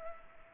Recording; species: mosquito wingbeat signal from an infrared sensor; Culex pipiens